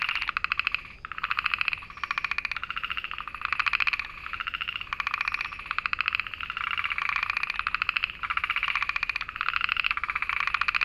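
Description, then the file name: Okinawa narrow-mouthed frog giving rapid pulsed buzzes in short bursts, repeated almost without pause. "himeamagaeru call"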